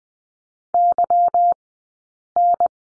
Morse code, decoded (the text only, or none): YN